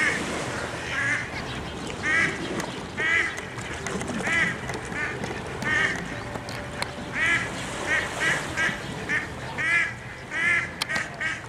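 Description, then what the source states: Duck calls, repeated nasal quacks throughout, several birds calling against continuous background noise. Several ducks calling on Menorca.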